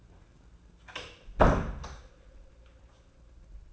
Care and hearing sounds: daily activity, microphone in the room; close door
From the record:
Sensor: 2

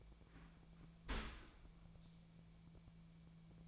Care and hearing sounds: daily activity, microphone in the room; open dishwasher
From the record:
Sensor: 1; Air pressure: 1000.5 hPa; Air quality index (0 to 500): 184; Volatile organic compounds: 4 ppm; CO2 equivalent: 1690 ppm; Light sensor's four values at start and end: 11/26/11/12 and 11/26/11/12

